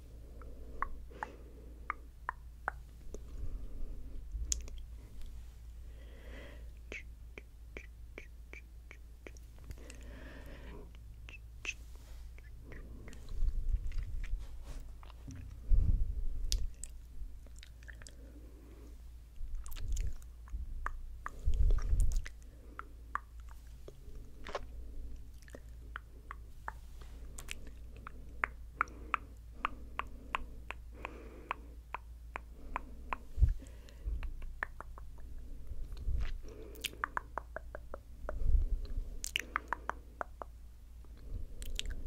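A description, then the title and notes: Wet tongue clicks and mouth sounds come in quick irregular bursts throughout, with soft rustling hand movements and a low hum underneath. ASMR Tingly Hand Movements & Tongue Clicking.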